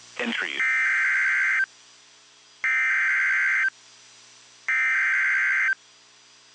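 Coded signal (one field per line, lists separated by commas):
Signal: Emergency Alert System (SAME) tones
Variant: header bursts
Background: speech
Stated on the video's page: Genuine tones of a severe thunderstorm warning for Tennessee.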